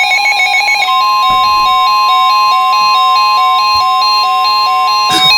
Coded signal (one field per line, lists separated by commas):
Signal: Emergency Alert System (SAME) tones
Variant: 1050 Hz attention tone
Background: music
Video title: NOAA Weather Radio: Special Marine Warning (EAS #97)